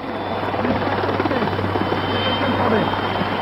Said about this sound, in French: Il ne le sait pas encore, mais au loin, des hélicoptères Puma approche.